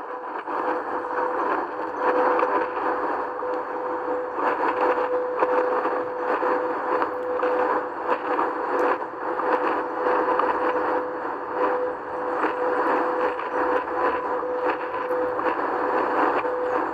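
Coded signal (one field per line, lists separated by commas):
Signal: radio time signal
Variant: WWVH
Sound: steady 500 Hz tone through heavy hiss, broken by faint ticks each second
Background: radio static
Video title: WWVH (Time signals) - 15.000 kHz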